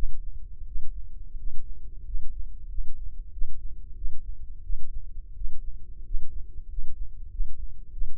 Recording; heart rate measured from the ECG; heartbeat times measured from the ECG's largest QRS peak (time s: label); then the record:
heart sounds by microphone in the left ear; 91 bpm
0.63 s: heartbeat
1.34 s: heartbeat
2.02 s: heartbeat
2.66 s: heartbeat
3.29 s: heartbeat
3.93 s: heartbeat
4.61 s: heartbeat
5.32 s: heartbeat
6.01 s: heartbeat
6.66 s: heartbeat
7.27 s: heartbeat
7.89 s: heartbeat
From the record:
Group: healthy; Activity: rest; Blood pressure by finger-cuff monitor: 119/84 mmHg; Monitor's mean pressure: 95 mmHg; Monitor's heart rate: 88 bpm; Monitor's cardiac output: 6.4 L/min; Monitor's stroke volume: 73 mL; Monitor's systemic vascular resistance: 1120 dyn s/cm5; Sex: male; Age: 21 years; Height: 180 cm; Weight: 67.5 kg